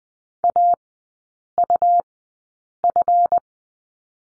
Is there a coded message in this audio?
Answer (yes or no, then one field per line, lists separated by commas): yes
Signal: Morse code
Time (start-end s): 0.4-3.4 s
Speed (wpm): 20 wpm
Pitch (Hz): 700 Hz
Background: none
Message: AUF